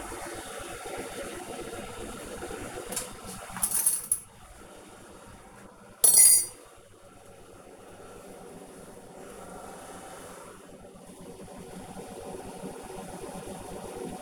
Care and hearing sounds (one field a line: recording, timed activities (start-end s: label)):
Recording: household activities, microphone on the right wrist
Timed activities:
0.00-14.22 s: making tea